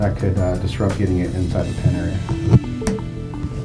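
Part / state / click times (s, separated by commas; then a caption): flight controller board onto stack pins and standoffs of a racing drone / seated / 2.9 s. A flight controller board is pressed down onto the standoffs and connector pins of a racing drone's Magnum tower stack. Someone talks over background music. The board clicks into place at 2.9 s and is seated on the pins.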